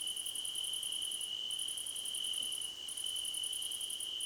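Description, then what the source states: Crickets: a fast train of very high pulses stops and restarts three times over a steady shrill trill. Several crickets chirping together, described as a choir competition.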